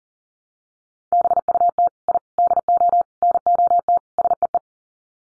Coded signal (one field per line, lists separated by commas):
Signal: Morse code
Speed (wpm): 40 wpm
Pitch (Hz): 700 Hz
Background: none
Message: BUT I DO NOT SEE